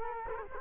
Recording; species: mosquito wingbeat signal from an infrared sensor; Culex quinquefasciatus